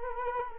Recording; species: mosquito wingbeat signal from an infrared sensor; Culex quinquefasciatus